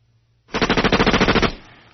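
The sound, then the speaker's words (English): A loud, rapid burst of machine gun fire, about a second long, with a dozen or so evenly spaced shots rattling in quick rhythm before trailing off into a brief rumble. “Well, why don't you take me out with a hail of gunfire?”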